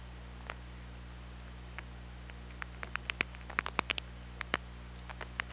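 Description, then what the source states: Killer whale clicks, sparse at first, then a quickening run of sharp pulses that thins again, over constant underwater hiss and low hum. Recorded on the OrcaLab hydrophone on 24 August 2017, around 22:54.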